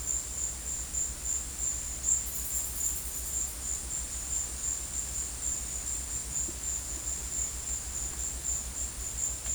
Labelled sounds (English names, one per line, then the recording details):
none
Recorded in secondary vegetation near Puerto Asís, Putumayo, Colombia, on 22 December 2024 at 13:30
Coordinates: 0.481, -76.318
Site G042